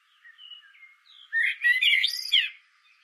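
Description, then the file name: Common blackbird singing one phrase: soft quiet warbling notes lead into a loud, rich, tumbling twitter. "Turdus merula"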